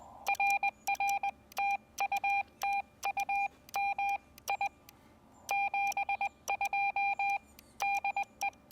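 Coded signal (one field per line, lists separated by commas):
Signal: Morse code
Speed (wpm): 19 wpm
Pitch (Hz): 810 Hz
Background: none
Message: RR TU TU MI 72 DE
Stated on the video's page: CW from a POTA park activation with a Xiegu X6200, Begali Traveler key, and 9:1 UNUN random wire antenna.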